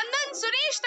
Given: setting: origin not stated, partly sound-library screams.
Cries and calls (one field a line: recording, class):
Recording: one-second piece from a danger detection set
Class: woman in danger